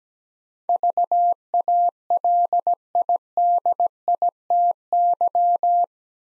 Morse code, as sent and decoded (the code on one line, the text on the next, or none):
...- .- .-.. .. -.. .. - -.--
VALIDITY